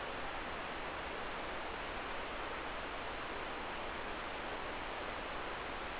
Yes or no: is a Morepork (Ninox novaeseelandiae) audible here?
no